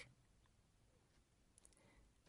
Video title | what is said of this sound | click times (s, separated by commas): Continuous Glucose Monitoring - Medtronic Diabetes India | press on the tape portion of the sensor to guide it back into the sensorter until you hear a click | 1.6 s